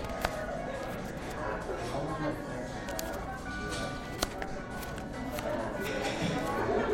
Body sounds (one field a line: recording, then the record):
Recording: background sound without coughing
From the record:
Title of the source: 60 minutes of coffee shop sounds for study and concentration